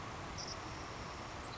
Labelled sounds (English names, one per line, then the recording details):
Savannah Sparrow
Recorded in Sonoma County, California